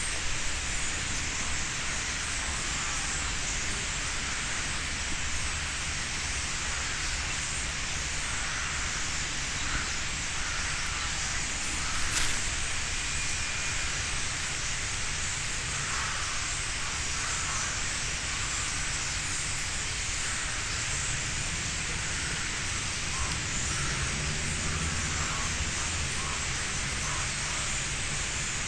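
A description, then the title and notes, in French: Starlings in a huge flock make a dense, steady hiss of chatter, with a sharp click near twelve seconds and a low hum late on. Etourneaux.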